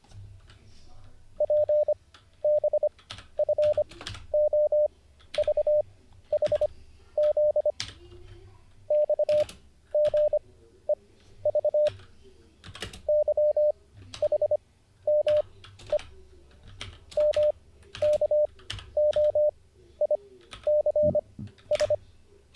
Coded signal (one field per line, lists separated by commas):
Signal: Morse code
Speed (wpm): 25 wpm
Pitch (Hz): 600 Hz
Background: none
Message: PBFOVHZ XGEV YHME MKOICS